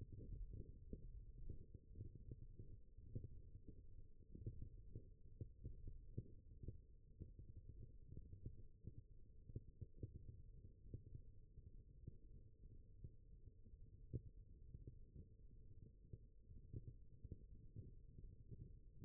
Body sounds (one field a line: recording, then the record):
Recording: forearm muscle sounds (acoustic myography)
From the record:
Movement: thumb flexion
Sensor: system 1, eight BSWA MPA416 microphones around the upper forearm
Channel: 7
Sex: male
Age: 21 years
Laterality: right